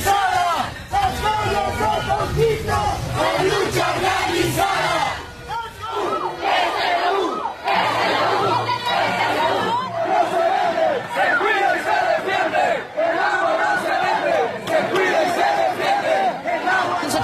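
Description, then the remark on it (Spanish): A large crowd protesting against a water privatization project chants loudly in unison, shouting rhythmic phrases that repeat steadily throughout, with many raised voices blending into one dense, continuous roar. “Se ha registrado una protesta que también fue reprimida.”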